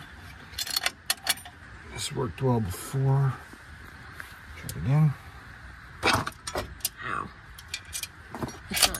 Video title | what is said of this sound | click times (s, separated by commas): Airstream Argosy Motorhome Stuck Drum Brake Day 2 | It's not seated. | none